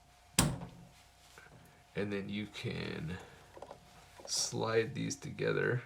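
The second crimped metal contact is snapped into its plastic Anderson Power Pole connector housing the same way as the first, giving one sharp, loud click at 0.4 s as it seats. Someone then talks over a quiet background.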